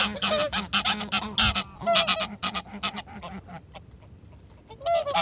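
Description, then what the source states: Greylag Goose: greylag Geese give harsh nasal honks in rapid, overlapping bursts, a quieter lull midway, then honking picks up again at the close. Greylags return noisily in April around ice break-up to inspect nest sites, honking hollowly as if announcing arrival; best seen flying in the archipelago, also wandering inland fields seeking new territory.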